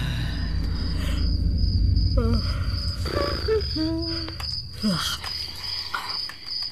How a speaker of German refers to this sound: Sag mal, kannst du das Zirpe nicht abstellen?